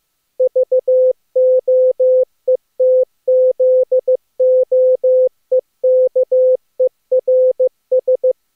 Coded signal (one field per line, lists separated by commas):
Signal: Morse code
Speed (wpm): 15 wpm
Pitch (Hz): 510 Hz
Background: none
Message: VOETZOEKERS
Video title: Daily Minutes, December 29, 2015, with contestia